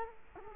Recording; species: mosquito wingbeat signal from an infrared sensor; Culex quinquefasciatus